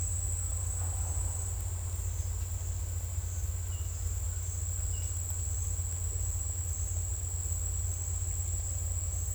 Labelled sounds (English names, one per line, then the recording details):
none
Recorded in secondary vegetation near Puerto Asís, Putumayo, Colombia, on 16 December 2024 at 09:30
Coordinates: 0.481, -76.318
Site G042